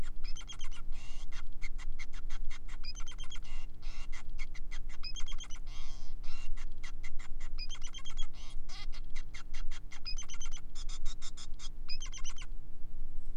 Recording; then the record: song of a male Bengalese finch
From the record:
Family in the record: son of father 5